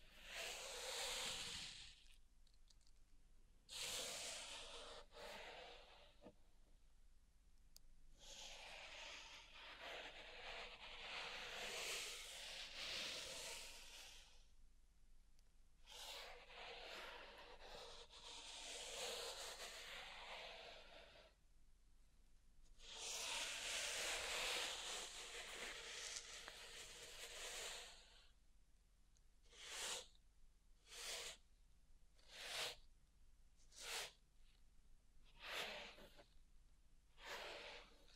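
Pink salt being raked and poured in a zen garden, heard as dry, bright crunching and hissing scrapes. Long grainy strokes of several seconds alternate with short pauses, and after about 29 seconds the sounds break into quick, separate bursts.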